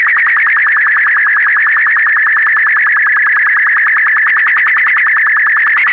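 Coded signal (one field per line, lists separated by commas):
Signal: SSTV (slow-scan television)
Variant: black-and-white mode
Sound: warbling high tone with rapid regular low ticks, about eight per second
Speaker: we will also have an SST picture in bw2 at the end of the bulletin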